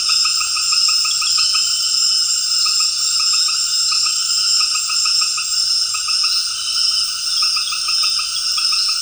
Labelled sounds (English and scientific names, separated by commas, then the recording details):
none
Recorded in dense forest near Puerto Asís, Putumayo, Colombia, on 12 March 2025 at 18:30
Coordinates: 0.484, -76.325
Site G045